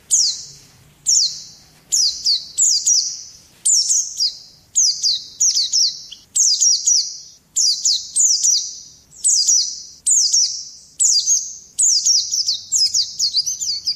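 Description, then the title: White-eye giving a steady series of high, thin, downslurred notes in quick succession, some doubled. "Pleci. Placi Ngalas"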